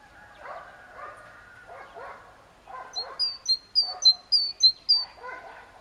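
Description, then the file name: Great tit singing a short run of about five sharp, high two-note phrases in quick succession, with softer low, muffled rhythmic sounds underneath. "Parus major"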